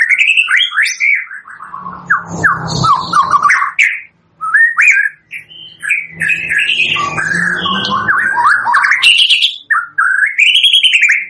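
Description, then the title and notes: White-rumped shama song: fast descending whistled notes and rich warbles, with short breaks and repeated arching whistles near the end. Used as a lure for bird trapping (pikat); energetic, vigorously singing (gacor) bird. "PANCINGAN MURAI BATU GACOR. pikat"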